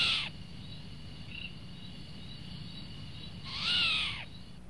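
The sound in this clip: Short-eared owl uttering two rasping, slightly arched calls, one at the start and one near the end, with a quiet steady hum and a short faint note between.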